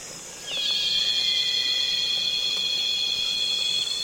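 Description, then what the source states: Shrill cicada buzz starts with a quick glide and then drones steadily and loudly, with occasional faint clicks. Loud cicadas calling on a calm afternoon in Congo basin rainforest.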